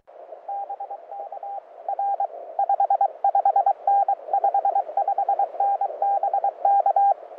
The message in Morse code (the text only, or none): BK R 55N 55N BK